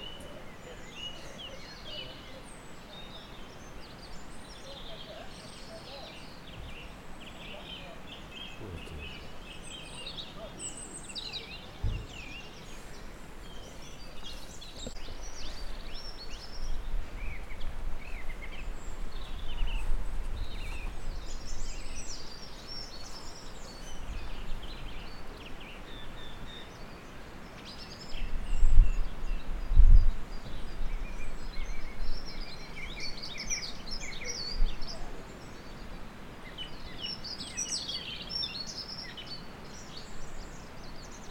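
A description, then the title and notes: Spring birdsong from robins and song thrushes carries through the whole clip, bright chirps and phrases scattered high above a steady hiss of outdoor noise. Low rumbles and a few soft thumps swell near the middle, with a louder knock around twenty-nine seconds. Spring birdsong at Llanthony Priory. We're outside the ruins of Llanthony Priory with the ridges of the Black Mountains of Wales rising on either flank. Robins and song thrushes are singing lustily.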